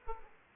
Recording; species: mosquito wingbeat signal from an infrared sensor; Aedes aegypti